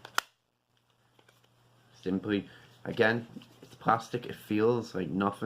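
The plastic magnetic battery door of a Joyetech Espion Tour box mod is handled over its dual 18650 batteries, giving a sharp tick near 0.2 s and a few faint light ticks between 0.8 and 1.4 s, then someone talks. Nothing has seated or clicked yet; the door is not yet home.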